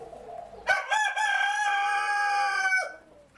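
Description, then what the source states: Chicken crowing: a rooster gives a single loud, drawn-out crow with a stuttering start, sustained and even, fading with a brief falling tail. Farm about 40 miles west of Boston at the edge of suburbia, saving endangered farm animals from extinction.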